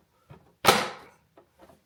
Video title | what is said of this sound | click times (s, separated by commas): Roborock Qrevo Pro Unboxing & First Setup - Is It Worth It? | That means it's secured. | 0.7 s